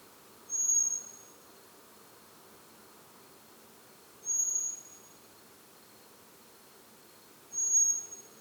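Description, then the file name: Common blackbird giving thin, high, drawn-out whistled calls, each about half a second on one steady pitch, three times roughly every three and a half seconds over faint background hiss. "Turdus merula"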